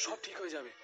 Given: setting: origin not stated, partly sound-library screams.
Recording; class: one-second piece from a danger detection set; woman in danger